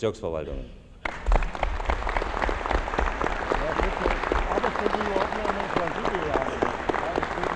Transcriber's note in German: Applaus